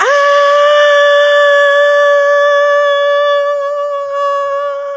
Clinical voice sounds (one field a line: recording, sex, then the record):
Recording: sustained vowel /a/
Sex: female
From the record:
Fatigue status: fatigue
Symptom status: symptomatic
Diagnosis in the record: COVID-19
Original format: m4a